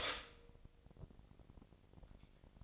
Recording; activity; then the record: daily activity, microphone in the room; stop toaster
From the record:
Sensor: 5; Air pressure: 1007.2 hPa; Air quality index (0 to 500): 124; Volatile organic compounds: 1 ppm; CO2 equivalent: 946 ppm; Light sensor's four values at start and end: 25/58/24/24 and 25/58/24/24